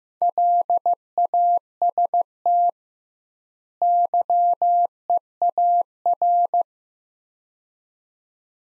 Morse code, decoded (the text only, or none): LAST YEAR